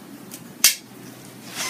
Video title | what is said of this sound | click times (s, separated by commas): Introducing the Free to Grow Tula Carrier (April 2017) | that clip and we're gonna hear the click there's | 0.6 s